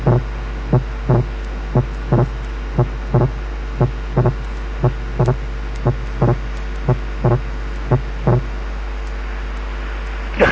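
Regular paired heart sounds at about 58 a minute in an adult, heard by stethoscope, with wide splitting of the second heart sound that increases with inspiration, due to complete right bundle branch block.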